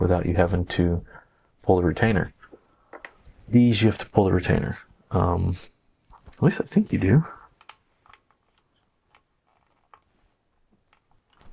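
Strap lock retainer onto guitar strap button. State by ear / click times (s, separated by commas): not seated / none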